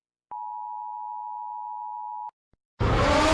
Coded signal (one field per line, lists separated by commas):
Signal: Emergency Alert System (SAME) tones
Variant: 853 and 960 Hz attention tone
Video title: ⚠️Rating EAS (A-Z) #18 (Chinese new year 🇨🇳)⚠️